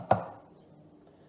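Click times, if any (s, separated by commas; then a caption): 0.1 s. A lid with its measuring cup is fitted onto a food processor bowl from the back so it engages properly. A single sharp click sounds at 0.1 s, then fades into quiet background. The lid clicks into place and is seated.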